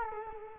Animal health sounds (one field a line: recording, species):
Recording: mosquito wingbeat signal from an infrared sensor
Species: Culex quinquefasciatus